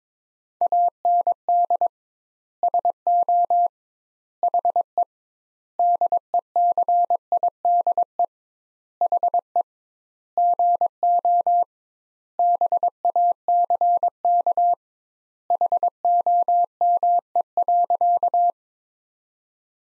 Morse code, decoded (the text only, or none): AND SO HE DECIDE HE GO BACK HOME.